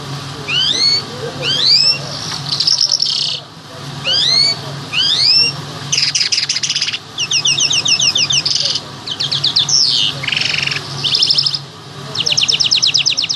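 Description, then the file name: Bimaculated lark singing a rich, varied sequence: repeated upward-sweeping whistles, then rapid rattling trills and dry buzzy runs, phrases following closely, low hum beneath. "sound black bimaculated lark"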